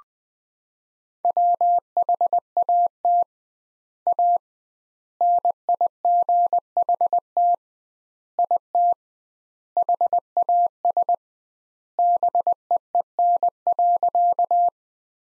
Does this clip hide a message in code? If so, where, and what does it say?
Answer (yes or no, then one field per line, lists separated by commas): yes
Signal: Morse code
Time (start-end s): 1.2-14.7 s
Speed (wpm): 21 wpm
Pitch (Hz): 700 Hz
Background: none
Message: WHAT A NIGHT IT HAS BEEN.